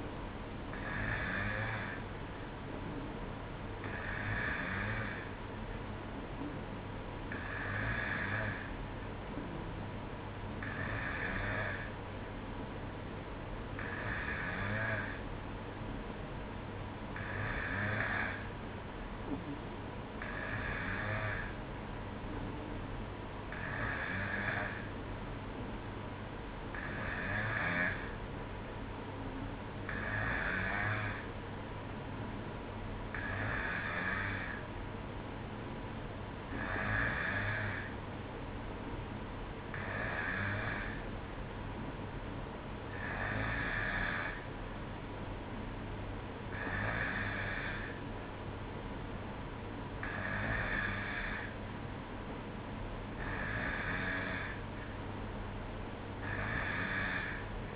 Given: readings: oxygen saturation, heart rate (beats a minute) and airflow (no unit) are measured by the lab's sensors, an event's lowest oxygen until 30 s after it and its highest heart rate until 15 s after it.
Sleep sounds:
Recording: breathing in sleep by a voice recorder at the bedside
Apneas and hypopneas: none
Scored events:
none scored
From the record:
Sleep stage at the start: N2 (light sleep)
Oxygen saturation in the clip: 92 to 93%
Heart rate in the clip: 61 to 63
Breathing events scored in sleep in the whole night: 305 in 9.6 hours asleep

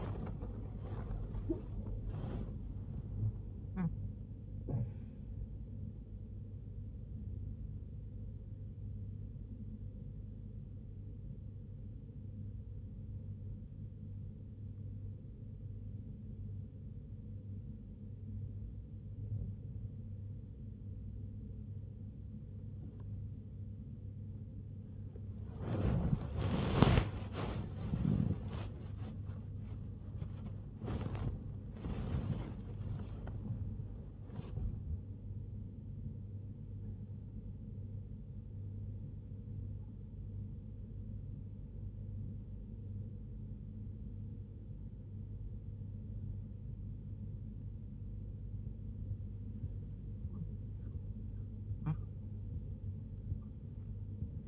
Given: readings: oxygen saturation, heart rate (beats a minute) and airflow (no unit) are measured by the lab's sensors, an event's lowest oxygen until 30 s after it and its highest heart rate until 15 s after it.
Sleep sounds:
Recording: a person awake in a sleep study, by a smartphone at the bedside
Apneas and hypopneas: 1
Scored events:
8.00-23.60 s: hypopnea (N1, oxygen 96% highest, then 92% lowest, heart rate 81 at the start, 88 highest)
26.00-54.48 s: new sleep stage, awake
27.00-54.48 s: awake
From the record:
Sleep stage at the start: N1 (lightest sleep)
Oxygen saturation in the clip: 92 to 96%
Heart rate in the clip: 62 to 88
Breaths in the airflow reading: 11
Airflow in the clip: -3.2 to 4.5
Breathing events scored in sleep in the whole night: 101 in 7.3 hours asleep

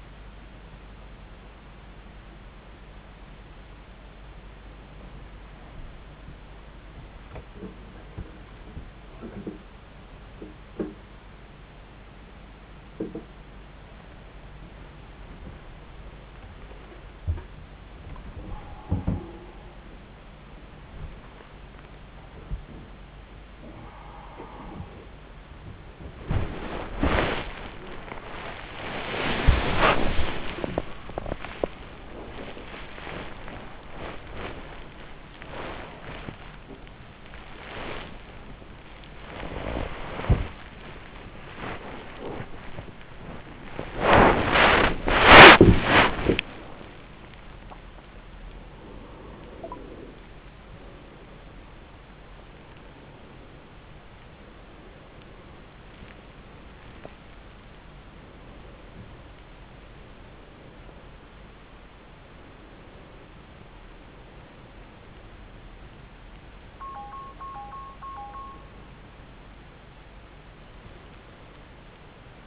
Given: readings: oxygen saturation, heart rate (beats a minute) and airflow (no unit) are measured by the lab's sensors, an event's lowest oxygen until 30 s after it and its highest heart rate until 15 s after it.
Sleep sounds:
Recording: a person awake in a sleep study, by a voice recorder at the bedside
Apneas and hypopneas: none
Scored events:
0.00-72.47 s: awake
From the record:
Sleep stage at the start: awake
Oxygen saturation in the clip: 92 to 96%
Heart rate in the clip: 52 to 115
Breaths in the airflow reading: 15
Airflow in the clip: -9.8 to 10.3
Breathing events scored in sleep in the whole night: 400 in 8.7 hours asleep

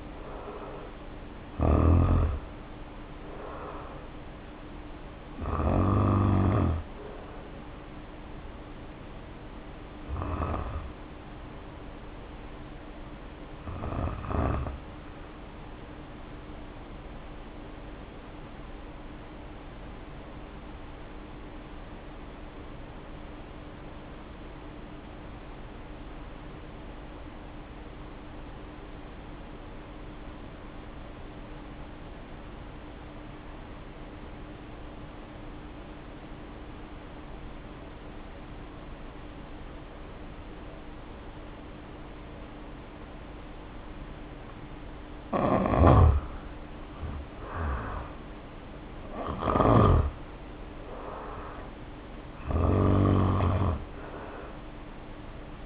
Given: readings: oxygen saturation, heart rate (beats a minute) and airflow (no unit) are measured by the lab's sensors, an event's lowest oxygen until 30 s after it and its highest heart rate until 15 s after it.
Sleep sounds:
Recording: breathing in sleep by a voice recorder at the bedside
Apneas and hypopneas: 1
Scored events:
7.00-46.60 s: hypopnea (N1, oxygen 95% highest, then 74% lowest, heart rate 57 at the start, 67 highest)
24.00-54.00 s: new sleep stage, N2 (light sleep)
54.00-55.66 s: new sleep stage, N1 (lightest sleep)
From the record:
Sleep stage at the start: N1 (lightest sleep)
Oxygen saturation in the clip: 73 to 95%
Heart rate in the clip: 48 to 69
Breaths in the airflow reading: 13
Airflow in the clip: -2.7 to 3.5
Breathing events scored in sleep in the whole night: 520 in 7.2 hours asleep

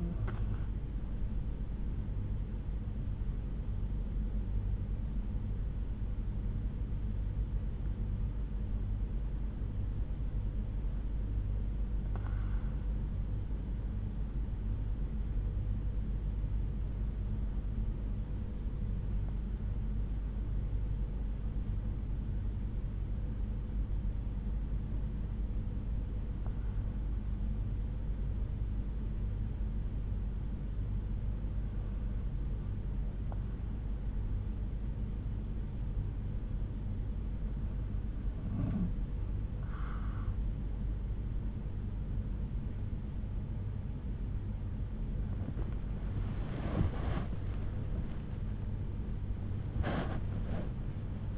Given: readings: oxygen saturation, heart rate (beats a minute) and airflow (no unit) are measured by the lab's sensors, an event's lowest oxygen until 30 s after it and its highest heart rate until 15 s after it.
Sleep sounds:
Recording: breathing in sleep by a smartphone at the bedside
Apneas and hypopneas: 1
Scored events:
10.00-36.60 s: hypopnea (N1, oxygen 95% highest, then 92% lowest)
13.00-43.00 s: new sleep stage, N2 (light sleep)
43.00-51.38 s: new sleep stage, N1 (lightest sleep)
From the record:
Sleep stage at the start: N1 (lightest sleep)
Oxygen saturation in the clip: 91 to 97%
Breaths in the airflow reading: 8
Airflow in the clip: -8.8 to 9.4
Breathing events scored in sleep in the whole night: 368 in 8.0 hours asleep

